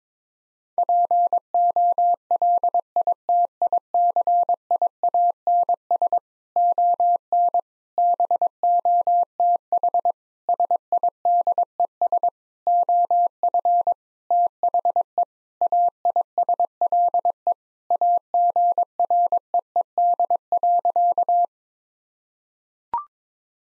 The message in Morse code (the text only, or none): POLITICIANS ON BOTH SIDES OF THE AISLE AGREED.